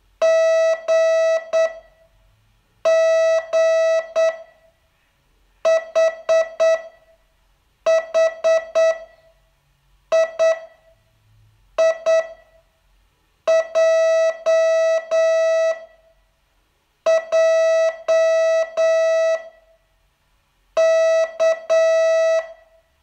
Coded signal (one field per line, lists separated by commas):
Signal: Morse code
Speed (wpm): 8 wpm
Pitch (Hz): 650 Hz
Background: none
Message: G G H H I I J J K